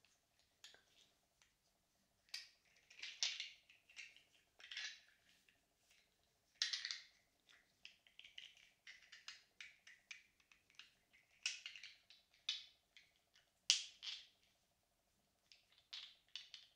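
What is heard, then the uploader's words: Tapping and scratching in irregular bursts: sharp, bright clicks mixed with short rasping scrapes that come and go every second or so. The loudest clusters land around 3, 7, 11 and 14 seconds, with quiet gaps between and a faint steady hum underneath. ASMR Tapping and Scratching for Tingles.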